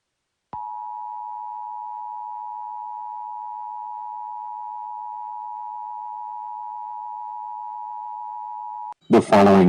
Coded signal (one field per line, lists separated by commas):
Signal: Emergency Alert System (SAME) tones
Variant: 853 and 960 Hz attention tone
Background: speech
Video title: EAS Scenario #9: Mickey Error 6 Its Not Over Yet